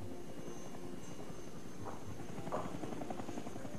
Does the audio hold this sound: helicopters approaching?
yes